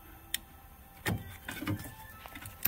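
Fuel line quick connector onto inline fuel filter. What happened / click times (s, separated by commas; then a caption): The line connector is being handled but has not locked yet / none. The plastic quick-connect end of a fuel line is being pushed onto the nipple of an inline fuel filter, with soft handling noise and sharp little ticks at about 0.3, 1.5, 1.7, 2.5 and 2.7 seconds. The clip ends before the connector goes home, so nothing has seated or clicked yet.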